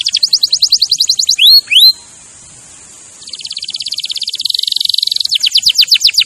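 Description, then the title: Canary song: quick trill, two rising whistles, a pause, then a buzzy roll speeding into fast repeated notes. Champion canary song used as a master recording for training other birds. "Masteran Kenari Juara"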